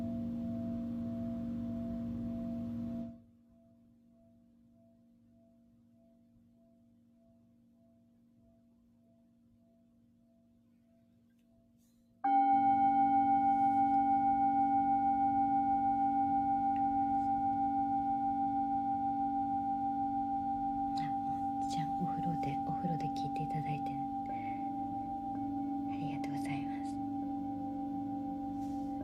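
A singing bowl hums for about three seconds, then fades to a faint lingering tone. Near twelve seconds it is struck again, ringing loud with several steady overtones that slowly die away. Brief wavering sounds, perhaps soft voices, appear around 20 to 27 seconds.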